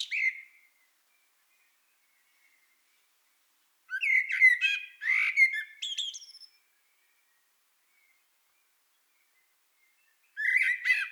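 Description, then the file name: Eurasian blackbird song: the tail of one phrase, a pause, then a flowing, whistled warble with high twittery endings, and a new phrase beginning just before the end. "Turdus merula"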